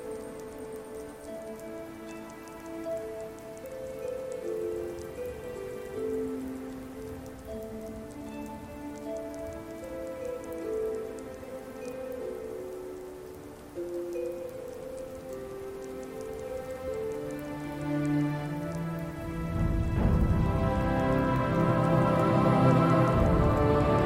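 Music with rain ambience: steady rain hiss runs throughout beneath slow, sustained low-to-mid tones that shift every few seconds. Around twenty seconds the music swells, growing louder and fuller with deeper bass and brighter upper notes through the end.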